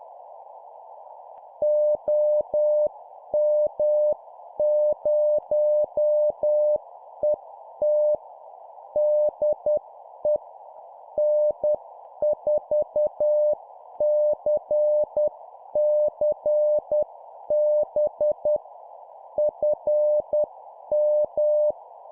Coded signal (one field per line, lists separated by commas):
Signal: Morse code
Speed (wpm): 10 wpm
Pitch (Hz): 600 Hz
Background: none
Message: OM0ET DE N4CCB FM